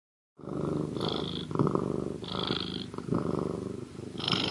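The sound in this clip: Cat purr, a rough low rumble in breath-length pulses, overlaid at intervals by brief higher tonal squeaks.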